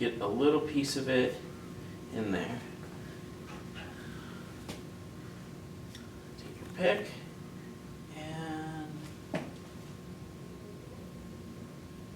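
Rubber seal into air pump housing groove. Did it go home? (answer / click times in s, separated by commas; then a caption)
yes / 9.4 s. Someone talks while a small rubber seal is worked into the groove of an air pump housing on an old-model Spaceman soft serve machine air pump assembly, using a pick. After a few quiet handling sounds, a short sharp click at 9.4 s marks the seal popping into place in its groove.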